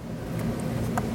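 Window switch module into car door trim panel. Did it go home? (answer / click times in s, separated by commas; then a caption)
yes / 1.0 s. A window switch module on a 2010-2015 BMW E84 X1 is slid back into its opening in the door trim panel and pushed until it snaps in. A low, steady rumble runs under the handling, then a short, sharp click at 1.0 s marks the module seating in the panel.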